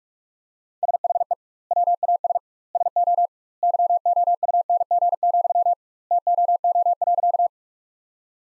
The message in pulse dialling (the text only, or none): none